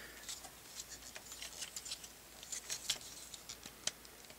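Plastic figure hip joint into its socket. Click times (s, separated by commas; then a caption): 3.9 s. During a transformation of a Fansproject WB004 Revolver Core plastic figure, the hip joint is set at its junction point, flexed outwards, and pressed into its socket. Light plastic ticks and handling taps build up, and a single sharp, loud snap at 3.9 s marks the joint popping into place, seated.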